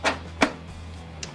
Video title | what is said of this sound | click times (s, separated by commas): How to install the EVGA GeForce RTX 2080 XC ULTRA GAMING 08G-P4-2183-KR video card | that's it it locks in place again with this little locking | 0.4 s